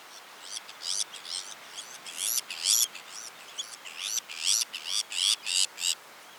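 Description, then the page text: Sabine's gull giving harsh, grating, rasping calls in quick irregular bursts, many in succession, over a steady background hiss. Recorded on Jan Mayen, 14 July 2024. "Sabine’s gull – Norsk Polarinstitutt"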